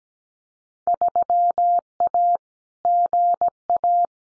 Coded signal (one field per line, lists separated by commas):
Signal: Morse code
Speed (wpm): 17 wpm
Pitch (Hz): 700 Hz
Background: none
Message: 3A GA